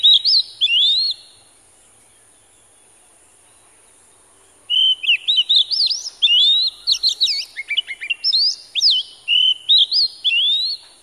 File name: Oriental Magpie Robin